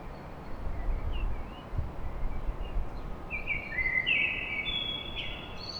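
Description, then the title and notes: Common blackbird delivering a rich warbling phrase late, preceded by faint soft notes, against low rumbling noise like traffic. Blackbird song at dawn in Paris. "Blackbird Poetry At Paris On. Enregistrement d'un chant de merle à l'aube dans Paris"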